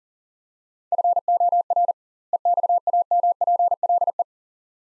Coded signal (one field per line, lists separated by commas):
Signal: Morse code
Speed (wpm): 40 wpm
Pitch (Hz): 700 Hz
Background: none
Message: FOR EXAMPLE